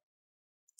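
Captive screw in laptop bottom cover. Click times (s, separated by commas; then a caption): 0.7 s, 0.8 s. A captive screw held by a C-lock in the bottom cover of a Dell G3 15 (P89F001) laptop is unscrewed until it releases from its retainer. After near silence, sharp high-pitched clicks sound at 0.7 s and 0.8 s as the screw clicks free and is let go.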